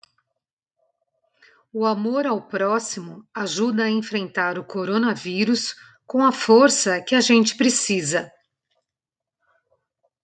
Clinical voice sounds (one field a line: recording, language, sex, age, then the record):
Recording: spoken sentence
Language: Brazilian Portuguese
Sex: female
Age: 50 to 59 years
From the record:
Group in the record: control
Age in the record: 52 years